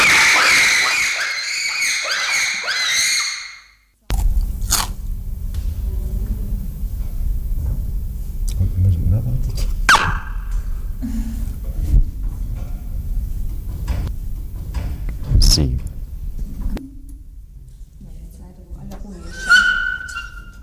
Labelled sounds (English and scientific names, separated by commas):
Bonobo (Pan paniscus)